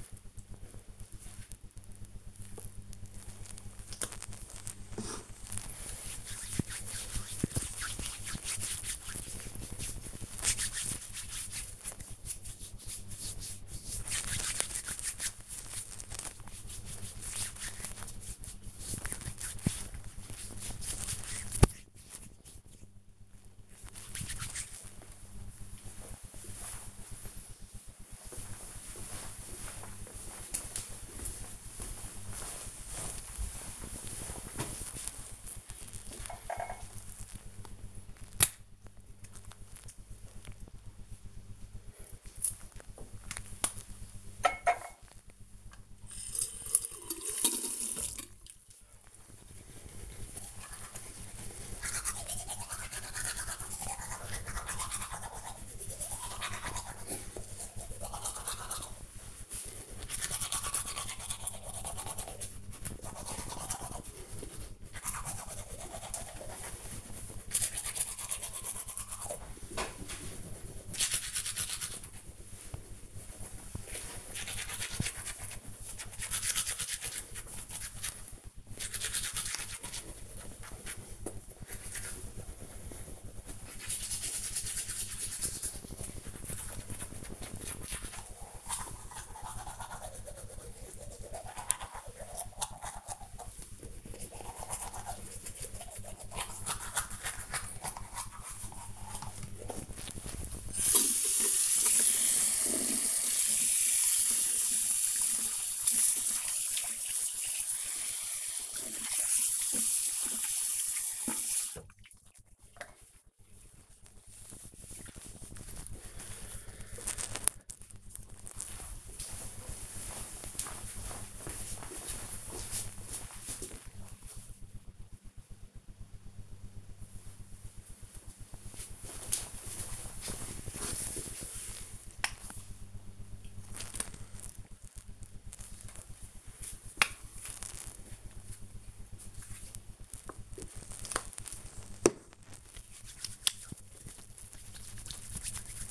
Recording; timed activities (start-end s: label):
household activities, microphone on the right wrist
0.00-24.18 s: cream hands
34.28-112.85 s: brushing teeth
135.02-145.91 s: cream hands